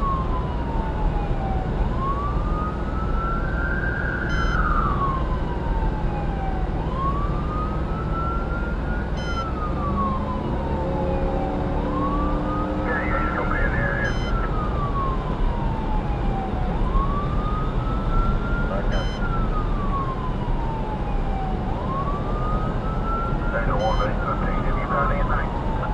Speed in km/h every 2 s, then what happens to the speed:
108, 106, 106, 106, 106, 108, 116, 119, 119, 119, 118, 118, 116.
0-11 steady at about 106. 11-14 speeds up to 119. 14-26 steady at about 118.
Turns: none.